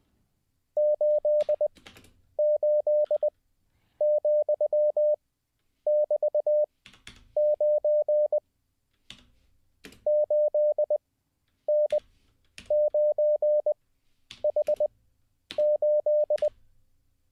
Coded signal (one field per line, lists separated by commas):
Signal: Morse code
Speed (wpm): 20 wpm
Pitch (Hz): 600 Hz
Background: none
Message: 88,<BT>9 8N9H8